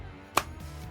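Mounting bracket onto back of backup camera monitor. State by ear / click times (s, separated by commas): seated / 0.4 s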